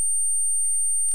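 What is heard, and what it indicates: Steady, piercing high-pitched ringing tone simulating tinnitus that is heard nearly nonstop all day, with a brief voice at the end.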